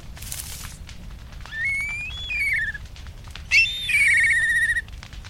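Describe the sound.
Black kite calls: two thin, whistled phrases, each ending in a trembling, falling slide, after a brief burst of hiss at the start.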